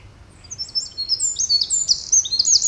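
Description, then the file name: Eurasian wren giving a short, piercing run of high, rapid notes that grows louder toward the end. "Troglodytes troglodytes"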